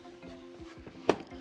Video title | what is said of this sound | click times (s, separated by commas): How To Install The Graco® Turn2Me™ 3-in-1 Car Seat Rear-Facing using the Vehicle Seat Belt | You'll hear a click, which means that the seat is secured in position. | 1.1 s